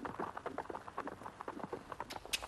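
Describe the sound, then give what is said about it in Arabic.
Steady hooves clip-clop in an even trotting rhythm, a run of short knocking beats with some rattling and creaking mixed in: a horse pulling a hantour, a horse-drawn carriage, along a narrow, rough road full of bumps. “شي يا حصان، هي مش قربنا نوصل؟”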